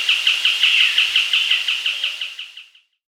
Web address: Natures Songs S America Andean Birds Southern White-Crowned Tapaculo (Scytalopus Bolivianus)